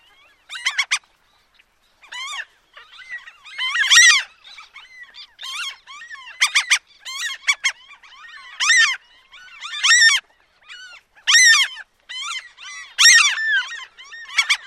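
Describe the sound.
Franklin's gull calls: a busy run of nasal, yelping cries and quick doubled notes, following one another almost continuously.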